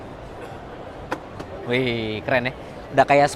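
The folding passenger footpeg in the body panel of a Polytron Fox S electric scooter is pressed and springs out of its folded position, released with a sharp click at 1.1 s. Someone talks afterward, reacting to the footpeg popping open.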